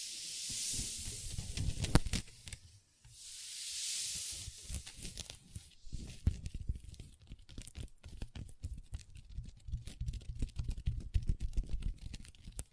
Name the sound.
Table Tapping & Scratching with Long Nails